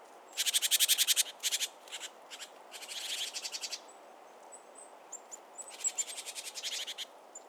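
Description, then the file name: Great tit harsh churring: dry, rattling bursts of rapid pulses, repeated with short gaps. Faint thin whistles sound in between. "Parus major"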